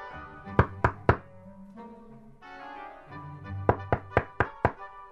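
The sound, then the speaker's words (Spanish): Knocking on the wooden door of a cabin: a quick set of three sharp knocks, a pause, then a longer run of five, each a loud, hollow thump. No voices. “Durante un rato tus llamados no tienen respuestas. Pero por fin, Javier abre la puerta.”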